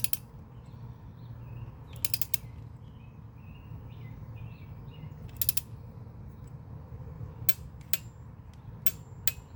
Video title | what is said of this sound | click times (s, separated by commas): 2017 Hyundai Veloster Base tune up. | and smooth until it clicks | 5.5 s